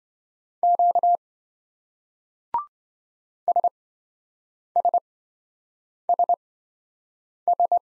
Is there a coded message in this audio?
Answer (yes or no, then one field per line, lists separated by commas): yes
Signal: Morse code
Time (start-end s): 0.6-7.8 s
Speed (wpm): 27 wpm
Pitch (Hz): 700 Hz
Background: none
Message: Q SSSS